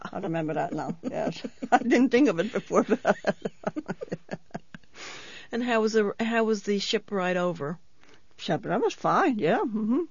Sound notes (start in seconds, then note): 0.0 she laughs; 3.1 she laughs